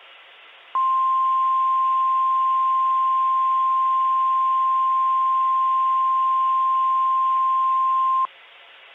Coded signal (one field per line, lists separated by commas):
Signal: Emergency Alert System (SAME) tones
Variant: 1050 Hz attention tone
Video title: EAS - A TOR for Chicago in 2014.